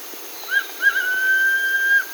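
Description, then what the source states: Striolated puffbird whistle: one short clipped note followed by one long, pure, even whistle held for over a second. South America.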